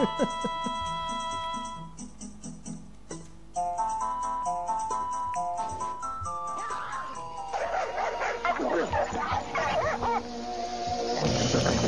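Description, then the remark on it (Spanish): A dog barks in a series of sharp bursts over steady tonal music, the barking becoming busier and louder toward the end. “Y claro, un perro, Call of Duty, teníamos que hacer la broma sí o sí de César Millán.”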